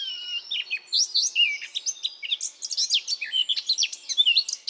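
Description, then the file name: Eurasian blackcap song: a continuous jumble of quick chirps, twitters and short whistles, sustained throughout without a pause. "Sylvia atricapilla"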